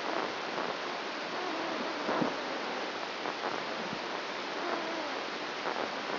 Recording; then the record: brain microelectrode recording played as sound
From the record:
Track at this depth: outside the subthalamic nucleus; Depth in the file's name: 0.314 mm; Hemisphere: right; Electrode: 2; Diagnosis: Parkinson's disease